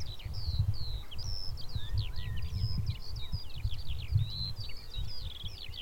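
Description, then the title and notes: Eurasian skylark singing a fast, continuous cascade of high chirps, whistles and trills, over a steady low rumble. Song; recorded by Tony Powell. "2020 BIRD SOUNDS FROM THE FIELD - SKYLARK SONG. A great sounding Skylark in song. Tony Powell"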